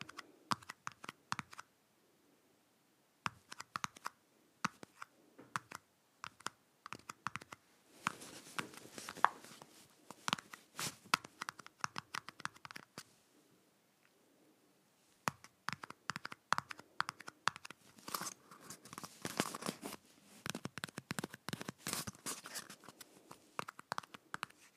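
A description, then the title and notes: Fingers drum on a paper cup in quick, dry taps that sound like typing. The tapping comes in bursts separated by short pauses, with dense rapid runs around eight to twelve seconds and again from fifteen seconds to the end. ASMR Drumming a Paper Cup.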